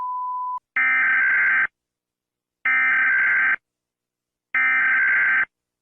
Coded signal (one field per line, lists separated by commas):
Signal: Emergency Alert System (SAME) tones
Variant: header bursts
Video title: United States EAS Alarm Mock (Wubbox Warning)